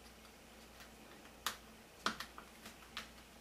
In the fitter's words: And it does. It just snaps right in.